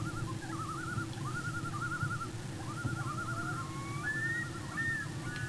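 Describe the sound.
Loon tremolo: rapid wavering phrases in several bursts, followed by rising whistled notes, over a constant low rumble.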